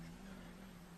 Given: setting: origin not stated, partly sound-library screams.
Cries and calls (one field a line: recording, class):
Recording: one-second piece from a danger detection set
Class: normal situation